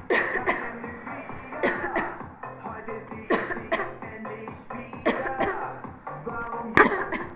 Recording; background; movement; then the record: voluntary coughing; music; sitting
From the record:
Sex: female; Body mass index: 18.3 kg/m2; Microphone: on the chest, facing the body